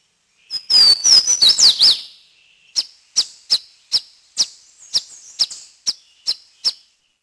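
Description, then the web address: Swainson's Warbler singing a brief phrase of loud, slurred, falling whistles, then giving about ten sharp, high chip notes spaced roughly half a second apart. "Peterson North American Birds"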